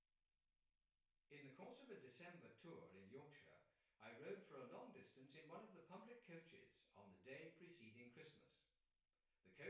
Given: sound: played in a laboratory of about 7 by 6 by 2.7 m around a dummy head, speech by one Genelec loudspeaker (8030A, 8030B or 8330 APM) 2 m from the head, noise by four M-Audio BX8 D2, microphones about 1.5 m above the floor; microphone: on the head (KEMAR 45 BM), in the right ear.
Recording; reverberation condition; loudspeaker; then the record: male speech in English; medium; 120 degrees to the left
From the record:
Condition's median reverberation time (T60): about 510 ms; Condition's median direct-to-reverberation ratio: about -0.5 dB